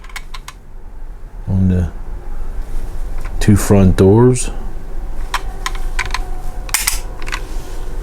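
The two opening front doors on a 1/48 die-cast metal Kinsmart Mercedes-Benz Sprinter toy van are pushed closed into the metal body while someone talks. Each door snaps shut with a sharp click at 5.7 s and 6.8 s, closing nicely and fully seated.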